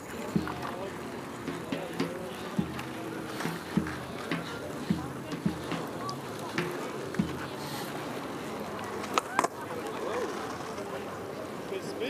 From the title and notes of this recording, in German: Diese Folge wurde auf der Tempelhofer Freiheit in Berlin aufgenommen. Hunderte Menschen gehen ihren Beschäftigungen nach. Vorbeiziehende spazierende Menschen geben kurze Gesprächsfetzen.